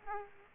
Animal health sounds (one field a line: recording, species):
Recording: mosquito wingbeat signal from an infrared sensor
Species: Aedes aegypti